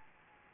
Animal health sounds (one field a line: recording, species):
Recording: mosquito wingbeat signal from an infrared sensor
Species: Anopheles gambiae